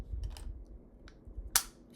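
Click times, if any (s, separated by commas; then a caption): 1.6 s. A plastic and metal activation plate is lined up by its colored square and pressed onto a toy lightsaber hilt. A few small, quiet handling ticks come first, then one sharp, loud snap at 1.6 s as the plate seats into the hilt.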